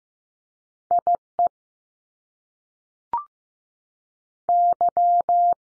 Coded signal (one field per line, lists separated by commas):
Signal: Morse code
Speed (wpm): 15 wpm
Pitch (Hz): 700 Hz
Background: none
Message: I E Y